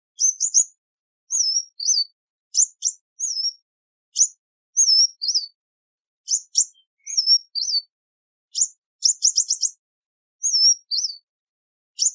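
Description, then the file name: Sunbird giving rapid high chip bursts, some in quick runs of three or more, between thin wavering whistled phrases, continuing throughout against silence. "Tieng chim hut mat"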